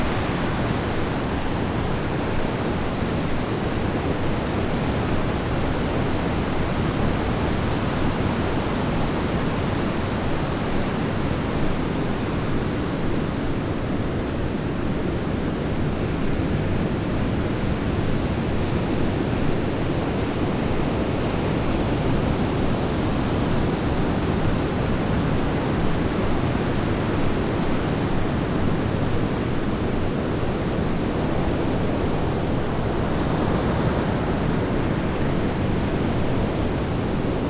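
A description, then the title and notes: Gentle ocean surf makes a steady, dense wash of rushing sound, heavy in the low end, with no distinct wave breaks standing out. Gentle Ocean Surf.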